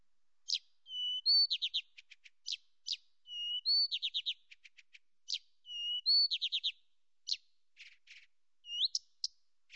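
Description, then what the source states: Blyth's reed warbler song of whistled slurs, rattling note clusters and dry clicks, with a looping phrase pattern recurring roughly every two and a half seconds against silence. Nominate subspecies, Acrocephalus dumetorum dumetorum.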